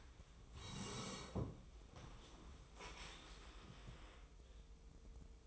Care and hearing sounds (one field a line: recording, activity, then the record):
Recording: daily activity, microphone in the room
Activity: sit down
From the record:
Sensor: 1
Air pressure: 1005.1 hPa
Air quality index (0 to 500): 124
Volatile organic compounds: 5 ppm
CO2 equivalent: 1728 ppm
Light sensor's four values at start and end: 11/26/10/11 and 11/27/11/12